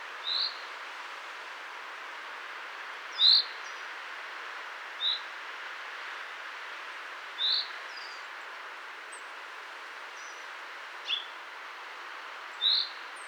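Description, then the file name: Common chaffinch giving several brief sharp chirps at irregular intervals, with a few faint higher notes and a steady hiss underneath. "Fringilla coelebs"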